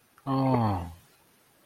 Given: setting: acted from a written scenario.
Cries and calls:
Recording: vocal sound without words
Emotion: sympathy

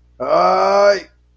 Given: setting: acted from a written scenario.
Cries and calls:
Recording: vocal sound without words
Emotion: pain

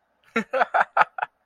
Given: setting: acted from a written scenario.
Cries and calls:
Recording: vocal sound without words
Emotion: amusement

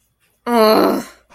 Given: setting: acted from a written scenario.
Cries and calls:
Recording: vocal sound without words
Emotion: disappointment

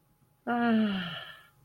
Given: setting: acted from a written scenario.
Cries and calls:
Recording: vocal sound without words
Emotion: serenity

